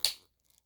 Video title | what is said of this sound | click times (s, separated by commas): Hoover Max Life Total Home Pet Unboxing and Assembly Tutorial | line it up just like that and push it until it clicks into place | 0.0 s